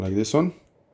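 Plastic ink cartridges for an Epson 1500 printer, previously run from a continuous ink system, are being handled at the printer carriage while someone talks. Nothing has seated or clicked yet; the sound fades to quiet by about 0.6 s.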